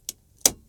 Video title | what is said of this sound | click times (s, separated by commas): This is why SONY is worth the extra $$ | There we go. Clips into place. Well, clicks into place, I should say. | 0.5 s